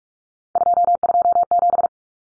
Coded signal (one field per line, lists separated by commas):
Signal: Morse code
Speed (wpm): 44 wpm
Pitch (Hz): 700 Hz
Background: none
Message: 227